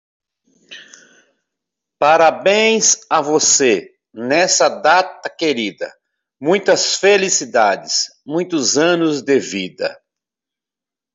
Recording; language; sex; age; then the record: short text; Brazilian Portuguese; male; 50 to 59 years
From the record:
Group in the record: control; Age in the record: 52 years